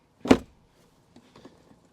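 A plastic/metal radio mount base for a 2019-2023 Silverado and Sierra with full console is pressed by hand onto the truck's center console sidewall, and it latches with a sharp, bright snap at 0.3 seconds. A few faint, soft taps and rustles follow between about 1.2 and 1.7 seconds as the mount sits seated, held in place by its latching hook.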